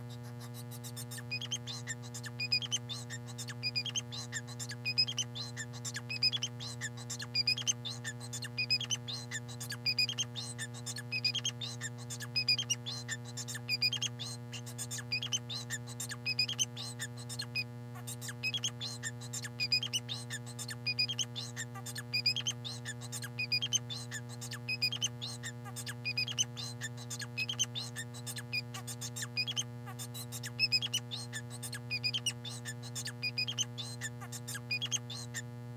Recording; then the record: song of a male Bengalese finch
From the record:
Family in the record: son of father 4